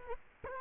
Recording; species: mosquito wingbeat signal from an infrared sensor; Culex quinquefasciatus